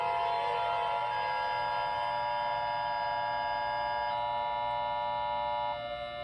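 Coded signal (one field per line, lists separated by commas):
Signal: Emergency Alert System (SAME) tones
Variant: 853 and 960 Hz attention tone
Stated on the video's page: Fictional EAS scenario.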